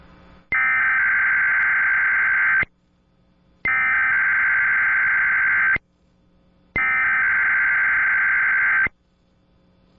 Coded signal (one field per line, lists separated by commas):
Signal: Emergency Alert System (SAME) tones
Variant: header bursts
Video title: The Oldest XM EAS Test - Required Weekly Test (March 7, 2007)